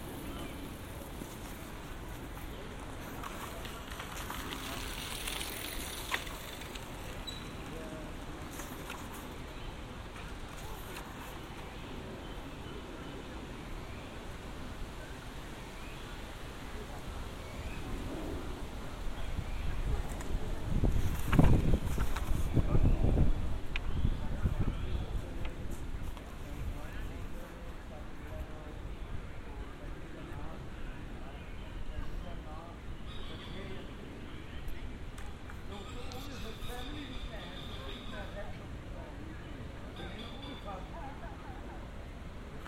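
A binaural field recording made in Amsterdam, with a steady murmur of street sound and faint voices throughout. Around the 20 to 25 second mark a low rumble swells and passes, like a vehicle going by, before the scene settles back to a quieter hum.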